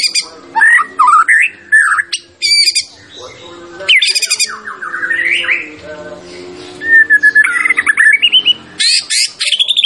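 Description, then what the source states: White-rumped shama song: loud varied phrases mixing sweet rising whistles, harsh rasping notes and quick chattering bursts, with short pauses between phrases. Champion bird; masteran training sound.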